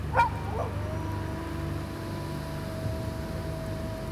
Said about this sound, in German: Ein Wolf? Verschwinde! Wir taugen nicht zur Mahlzeit.